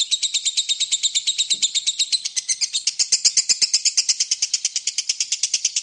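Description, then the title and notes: Lovebird song made of rapid, harsh, high-pitched chirps strung together in one continuous ringing chatter. Long lovebird ngekek song, used as a lure song (kicau pancingan). "Master Kicau Lovebird ngekek, kicau pancingan"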